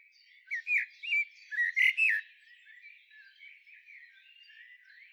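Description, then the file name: Eurasian blackbird: a short run of sharp, chirping notes bunched in the first two seconds, then a quieter scratchy trickle of notes that fades away. "Turdus merula"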